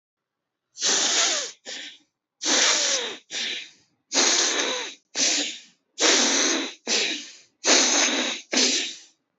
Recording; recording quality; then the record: deep breathing; excellent, no background noise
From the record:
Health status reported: recovered from COVID-19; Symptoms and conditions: breathing difficulty, fever, fatigue, muscle pain, asthma, pneumonia, hypertension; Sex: female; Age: 49 years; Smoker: not ticked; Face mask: not worn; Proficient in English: yes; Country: India